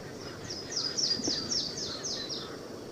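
Yellow-throated warbler song, a quick series of several bright down-slurred whistles, each sliding lower, over steady background hiss.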